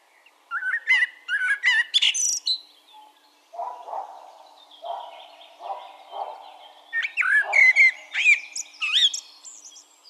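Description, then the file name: Eurasian blackbird song of fluted phrases with squeaky high flourishes; softer low notes sound in the middle before another lively twittering phrase. "Turdus merula"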